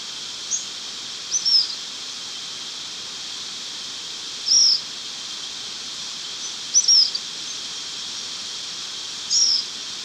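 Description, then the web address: Black phoebe uttering thin, high, downslurred chips at irregular intervals against a strong steady hiss. Recorded in Ecuador. "Natures Songs S America Birds of Ecuador Black Phoebe"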